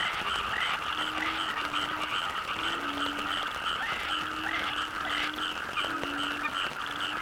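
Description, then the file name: Frogs croaking in a thick, steady chorus of overlapping pulsed calls, with short low tonal notes and occasional clicks. Frogs in the Cherating wetlands, Malaysia; wetland soundscape. "yamaha frogs cherating wetlands"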